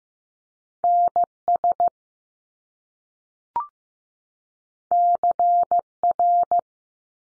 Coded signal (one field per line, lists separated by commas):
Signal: Morse code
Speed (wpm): 15 wpm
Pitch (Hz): 700 Hz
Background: none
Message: N SC R